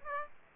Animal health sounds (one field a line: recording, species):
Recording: mosquito wingbeat signal from an infrared sensor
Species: Aedes aegypti